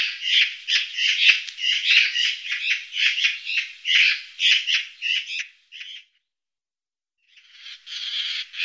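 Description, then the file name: Eurasian magpie chattering: a long run of harsh, rasping notes in rapid succession, a pause of over a second, then the dry chatter starts up again. "Elster"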